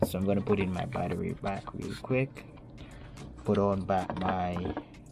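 Someone talks while handling a rechargeable battery, pushing it back into the battery compartment of an iJOY waterproof action camera, with a couple of faint handling taps around 2.8 and 3.2 seconds. Nothing has seated or clicked yet when the clip ends.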